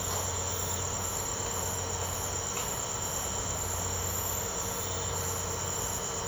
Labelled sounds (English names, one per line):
none